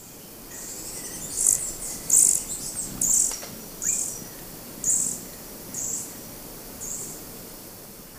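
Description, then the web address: Velvet-purple coronet giving a series of very high, thin chipping notes, several sharp calls spaced about a second apart, over a faint steady hiss. Recorded in Ecuador. "Birds of Ecuador. Velvet-purple Coronet"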